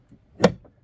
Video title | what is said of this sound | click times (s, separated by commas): Battle of the Cases: 23Zero VS ROAM | it and it snaps into place and then you can tighten | 0.4 s